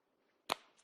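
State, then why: Seated. A fabric-covered keyboard cover is attached to a Microsoft Surface tablet's magnetic connector along its bottom edge. It snaps on with a single sharp, bright click at 0.5 s, followed by a faint tap near 0.8 s, and the cover is seated securely.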